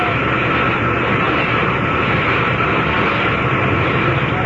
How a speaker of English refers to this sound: Until Zaslow came down to get me in a big helicopter.